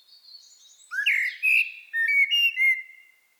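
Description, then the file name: Common blackbird song phrase: soft high notes, then low fluty whistles rising and falling, followed by a run of clear whistled notes. "Turdus merula"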